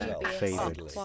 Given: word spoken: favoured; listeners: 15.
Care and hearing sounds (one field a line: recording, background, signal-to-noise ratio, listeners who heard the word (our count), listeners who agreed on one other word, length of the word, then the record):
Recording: one English word in noise, from a listening test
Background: four-talker babble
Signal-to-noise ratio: -0.1 dB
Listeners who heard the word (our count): 3 of 15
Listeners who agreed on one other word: 6 of 15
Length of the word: 0.65 s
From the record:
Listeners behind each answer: 6, 3, 1, 1, 1, 1, 1, 1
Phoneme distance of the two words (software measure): 20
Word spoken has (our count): 2 syllables, 5 phonemes, stress on syllable 1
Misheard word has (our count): 2 syllables, 5 phonemes, stress on syllable 1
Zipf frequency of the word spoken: 3.58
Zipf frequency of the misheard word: 3.58